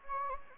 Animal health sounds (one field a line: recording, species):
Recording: mosquito wingbeat signal from an infrared sensor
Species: Anopheles gambiae